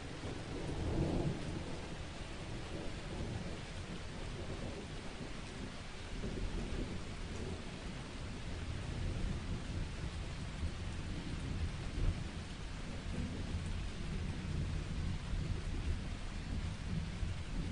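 Steady, dense rain hisses evenly throughout, under a low, continuous rumble that swells slightly near the start and around twelve seconds.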